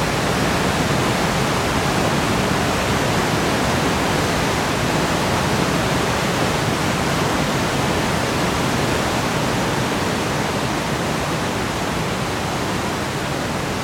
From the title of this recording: FOREST STREAM • A Natural Source of Pink Noise